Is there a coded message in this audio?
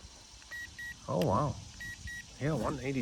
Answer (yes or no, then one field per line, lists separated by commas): no